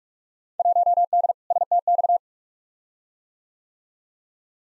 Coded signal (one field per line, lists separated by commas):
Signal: Morse code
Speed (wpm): 47 wpm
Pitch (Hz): 700 Hz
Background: none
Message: 1D STX